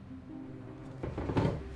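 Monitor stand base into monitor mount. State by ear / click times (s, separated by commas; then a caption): not seated / none. The base of an ASUS ROG PG34WCDM 34-inch OLED ultrawide gaming monitor stand is set onto the monitor mount inside the opened box and handled toward place. A low steady hum fills the first second, then handling knocks and bumps come at about 1.0 s and 1.4 s, the second louder. Nothing has seated or clicked yet.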